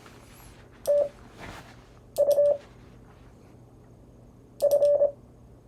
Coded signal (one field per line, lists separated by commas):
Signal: Morse code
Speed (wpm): 26 wpm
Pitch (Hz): 580 Hz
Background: none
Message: TU F